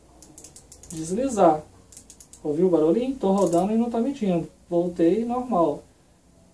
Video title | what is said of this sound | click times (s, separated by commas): Vtech Aula 11 MICRÔMETRO como utilizar | tenho sempre a rodar por aqui porque quando chegar ao final do curso ele vai deslizar | 0.2 s, 0.4 s, 0.6 s, 0.7 s